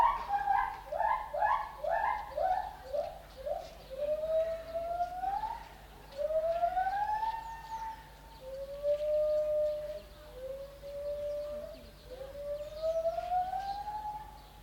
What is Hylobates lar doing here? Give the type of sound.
call